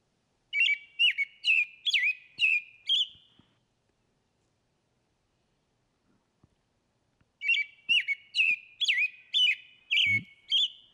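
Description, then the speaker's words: American Robin song, a rolling run of about six clear whistled, back-and-forth phrases, a pause of several seconds, then another similar run of phrases. Rolling back-and-forth 'cheery, cheery, cheery' song. "And I think Tyler's got the robin song."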